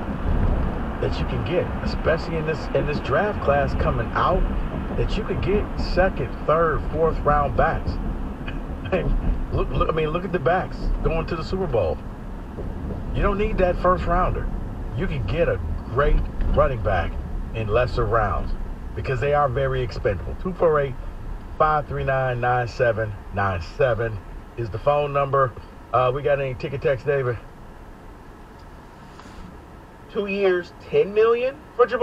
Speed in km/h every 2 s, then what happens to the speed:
84, 81, 76, 68, 61, 55, 48, 40, 32, 26, 18, 8, 8, 6, 0, 0.
0-22 slows to 8. 22-27 steady at about 8. 27-32 standing.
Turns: none.